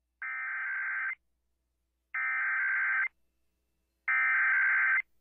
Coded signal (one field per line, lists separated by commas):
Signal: Emergency Alert System (SAME) tones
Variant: header bursts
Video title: You're a Mean One, Mr Colorado (EAS #14345-14361) 12/19-20/23